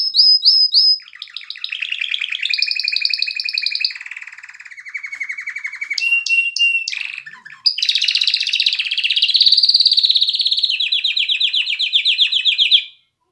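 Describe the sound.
Canary song: long continuous rapid trills and buzzy rolls, shifting between fast high rattles and lower warbled passages with barely a pause.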